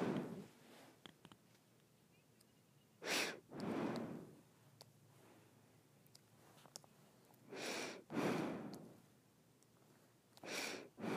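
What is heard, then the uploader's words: Someone breathes through the nose in slow, airy rushes, each breath a soft hiss that swells and fades over about half a second. Paired inhales and exhales come roughly every four seconds, with near silence and a few faint clicks between them. ASMR Nose Breathing.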